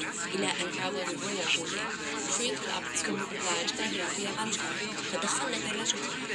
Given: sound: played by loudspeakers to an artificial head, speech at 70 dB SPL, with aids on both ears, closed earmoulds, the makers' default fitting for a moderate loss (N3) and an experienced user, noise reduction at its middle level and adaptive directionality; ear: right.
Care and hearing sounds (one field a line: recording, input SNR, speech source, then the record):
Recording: speech test signal (ISTS) in cocktail-party noise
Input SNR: -6 dB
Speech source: on the right (90 degrees)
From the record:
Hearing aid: class 2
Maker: E